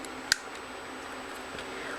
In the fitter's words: fold it in right there and then push it in fully until it snaps into place